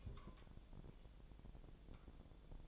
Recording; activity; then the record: daily activity, microphone in the room; take from stove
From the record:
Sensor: 5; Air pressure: 1000.1 hPa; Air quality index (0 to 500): 93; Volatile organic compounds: 1 ppm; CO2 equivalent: 760 ppm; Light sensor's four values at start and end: 282/658/287/322 and 282/661/287/322